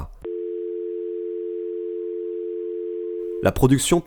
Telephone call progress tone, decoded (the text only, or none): dial tone